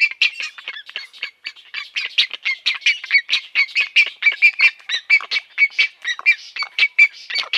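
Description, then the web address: Great egret nestlings keeping up a rapid, scratchy clicking and chattering, many short notes tumbling over each other without pause. "Schulze Peter Great Egret nestlings"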